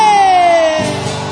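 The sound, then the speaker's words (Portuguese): A concert audience in Fortaleza shouts and whoops: one long, high, slowly falling cry rings out loudly, then gives way to a rougher mass of cheering voices. “Cadê meu gritinho aí?”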